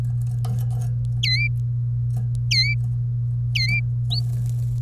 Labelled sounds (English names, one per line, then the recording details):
Domestic Canary song
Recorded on 30 April 2018 at 12:46
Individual llb3